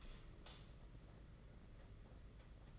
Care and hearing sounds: daily activity, microphone in the room; light on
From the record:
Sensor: 4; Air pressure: 992.7 hPa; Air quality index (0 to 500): 172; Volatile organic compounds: 290 ppm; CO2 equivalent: 4459 ppm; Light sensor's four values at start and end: 4/8/3/3 and 4/10/4/4

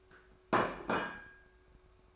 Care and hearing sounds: daily activity, microphone in the room; place plate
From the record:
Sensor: 2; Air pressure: 1004.2 hPa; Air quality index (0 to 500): 190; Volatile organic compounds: 11 ppm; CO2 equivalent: 2276 ppm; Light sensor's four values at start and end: 3/7/3/3 and 3/8/3/3

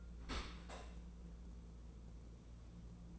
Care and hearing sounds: daily activity, microphone in the room; open dishwasher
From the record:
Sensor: 1

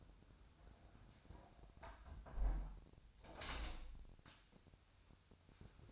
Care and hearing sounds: daily activity, microphone in the room; close window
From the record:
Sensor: 2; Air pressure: 1006.3 hPa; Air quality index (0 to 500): 187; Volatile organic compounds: 11 ppm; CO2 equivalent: 2280 ppm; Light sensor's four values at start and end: 8/20/8/9 and 8/20/8/8

